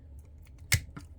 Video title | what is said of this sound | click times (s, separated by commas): Transformers Kingdom Voyager Optimus Primal. | bring them up till you hear a nice little click | 1.0 s